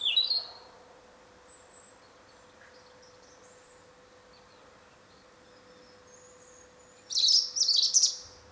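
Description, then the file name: European robin: a few thin, high, sparkling notes at the start, then a rapid tumbling burst of high trills near the end, over a faint steady hum. "Erithacus rubecula"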